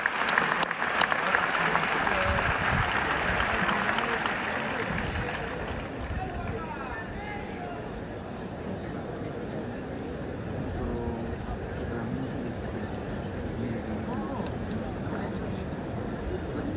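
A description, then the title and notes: A bullfight crowd at the Plaza de toros de la Real Maestranza in Seville keeps up a dense, steady murmur of many voices. The first few seconds are louder and brighter with a surge of cheering, then the crowd settles into a lower, continuous chatter. Bullfight, Plaza de toros de la Real Maestranza de Caballería de Sevilla, Spain.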